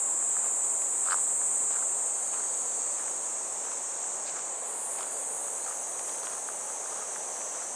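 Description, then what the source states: Cicadas drone in a continuous high hiss that shifts slightly in pitch midway, while footsteps tap along softly underneath. Recorded while walking a riverbank embankment path on a fresh, clear morning toward a weir; cicada voices gradually give way to the sound of water falling over the weir.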